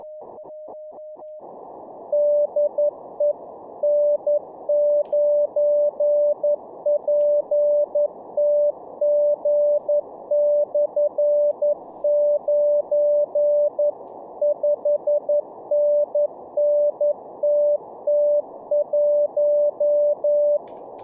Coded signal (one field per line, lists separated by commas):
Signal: Morse code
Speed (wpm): 11 wpm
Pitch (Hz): 590 Hz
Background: none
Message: DE N9PTG/9 5NNTT1